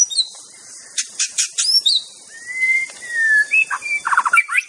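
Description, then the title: White-rumped shama singing: sharp chip notes, then a long smooth whistle that rises and falls, ending in a quick jumble of chirps, over continuous insect hiss. Wild bird recorded singing in forest. "Kicau Asli Murai Batu Hutan"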